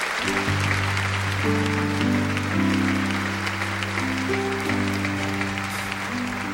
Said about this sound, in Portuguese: Vamos aplaudir com força a palavra de Deus.